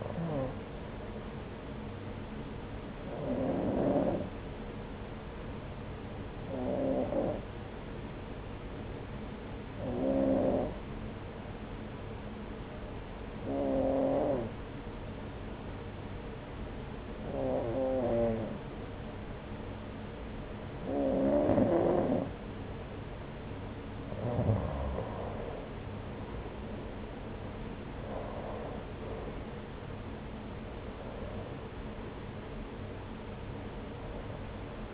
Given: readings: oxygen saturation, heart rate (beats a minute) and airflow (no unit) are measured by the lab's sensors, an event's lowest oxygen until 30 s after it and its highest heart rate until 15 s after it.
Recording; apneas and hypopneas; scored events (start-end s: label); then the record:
breathing in sleep by a voice recorder at the bedside; 1
8.00-28.20 s: hypopnea (N2, oxygen 94% highest, then 92% lowest, heart rate 68 at the start, 81 highest)
From the record:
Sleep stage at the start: N2 (light sleep); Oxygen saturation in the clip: 92 to 94%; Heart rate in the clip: 68 to 81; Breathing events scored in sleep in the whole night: 303 in 8.1 hours asleep